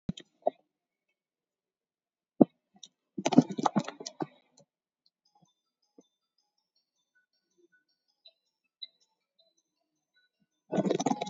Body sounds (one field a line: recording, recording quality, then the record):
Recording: deep breathing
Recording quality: poor, much background noise or distortion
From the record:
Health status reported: COVID-19 positive, moderate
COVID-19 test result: positive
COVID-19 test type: RT-PCR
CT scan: taken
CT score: 17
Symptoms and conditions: cough, cold, fatigue, asthma, hypertension, diabetes, another condition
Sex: female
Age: 56 years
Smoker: no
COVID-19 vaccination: one dose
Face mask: worn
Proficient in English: yes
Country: India